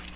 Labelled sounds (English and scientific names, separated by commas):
Magnolia Warbler (Setophaga magnolia) flight call